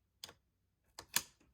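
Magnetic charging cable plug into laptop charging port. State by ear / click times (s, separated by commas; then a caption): seated / 0.2 s, 1.2 s. A MagSafe magnetic charging cable plug is brought to the side charging port of a 16-inch MacBook Pro M2 Pro and snaps into place magnetically. Sharp clicks are heard at about 0.2 s and 1.2 s, the second the loudest, with a softer tap at 1.0 s and a faint tick near 1.4 s. The plug is seated in the port.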